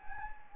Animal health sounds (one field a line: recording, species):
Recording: mosquito wingbeat signal from an infrared sensor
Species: Anopheles gambiae